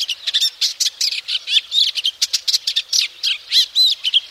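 Eastern olivaceous warbler song throughout, a rapid jumble of dry scratchy notes mixed with brief thin whistled slurs, delivered without a break.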